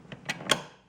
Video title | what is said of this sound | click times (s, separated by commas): Reebok Aerobic Deck - Close Up Views - Stepper and Fitness Bench Review | and it clicks in place so i could do that all without flipping this bench | 0.5 s